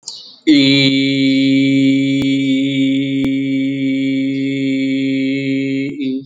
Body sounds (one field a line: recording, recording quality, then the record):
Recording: sustained vowel as in beet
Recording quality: excellent, no background noise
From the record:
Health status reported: exposed to COVID-19, no respiratory illness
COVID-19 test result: negative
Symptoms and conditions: cough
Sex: male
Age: 48 years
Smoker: not ticked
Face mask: not worn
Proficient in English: yes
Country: India